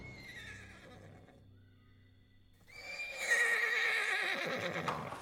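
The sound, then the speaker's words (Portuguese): An agitated mare in a stable neighs loudly, first a lower drawn-out whinny that fades, then after a brief lull a louder, shrill, agitated neigh that wavers and shudders with breathy snorts. “Talvez fosse melhor pegar uma égua menos agitada, princesa.”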